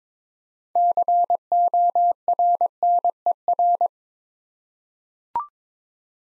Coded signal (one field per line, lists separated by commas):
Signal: Morse code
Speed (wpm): 22 wpm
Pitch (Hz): 700 Hz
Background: none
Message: CORNER